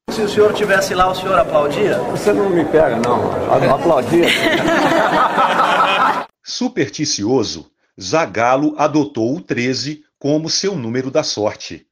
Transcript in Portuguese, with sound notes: Se o senhor estivesse lá, o senhor aplaudia? O senhor não me pega, não! Aplaudir... [risos] Superticioso, Zagallo adotou o 13 como seu número da sorte.